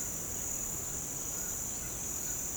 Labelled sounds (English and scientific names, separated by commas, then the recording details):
none
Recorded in pastures near Puerto Asís, Putumayo, Colombia, on 22 December 2024 at 09:00
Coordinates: 0.466, -76.322
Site G040